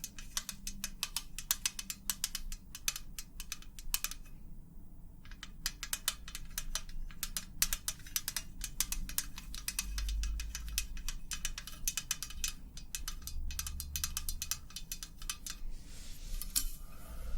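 Rapid tapping runs almost the whole time as a dense stream of sharp, bright clicks, uneven in rhythm, with a brief lull in the sharpest clicks near the five-second mark. A steady low rumble and hum sit underneath throughout.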